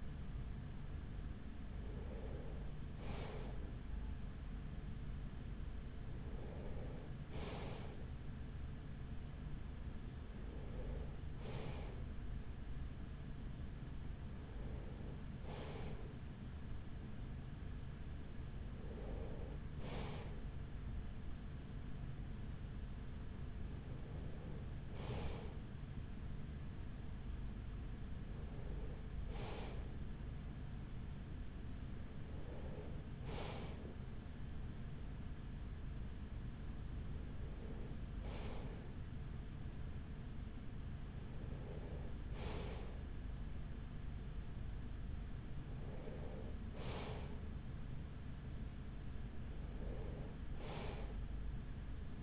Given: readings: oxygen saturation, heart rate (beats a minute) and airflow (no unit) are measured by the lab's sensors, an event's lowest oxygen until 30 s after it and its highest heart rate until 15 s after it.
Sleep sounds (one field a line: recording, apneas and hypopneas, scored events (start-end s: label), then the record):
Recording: breathing in sleep by a smartphone at the bedside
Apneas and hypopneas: none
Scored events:
none scored
From the record:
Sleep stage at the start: N3 (deep sleep)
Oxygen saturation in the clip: 95%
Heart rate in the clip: 42 to 45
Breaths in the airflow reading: 12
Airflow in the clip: -6.4 to 5.5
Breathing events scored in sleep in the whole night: 207 in 7.6 hours asleep